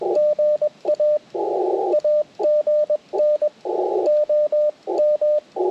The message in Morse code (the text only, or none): GA AGN OM